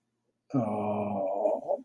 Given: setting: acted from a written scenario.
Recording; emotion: vocal sound without words; sadness